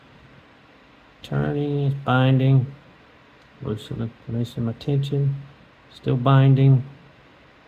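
Someone talks while picking an Abloy Sento disc detainer lock with a rear tension tool, turning a binding metal disc in the cylinder and easing off the tension. The disc is still binding, and nothing has clicked or seated yet.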